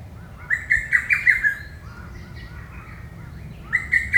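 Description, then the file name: Lesser cuckoo song: a quick, loud burst of five or six sharp notes around the same pitch, then a quiet gap with only faint notes before the next phrase begins at the end. "hototogisu"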